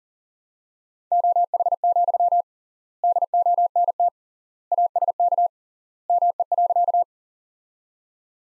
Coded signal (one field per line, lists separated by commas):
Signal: Morse code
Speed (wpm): 40 wpm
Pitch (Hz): 700 Hz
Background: none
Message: OH, DONT ASK ME.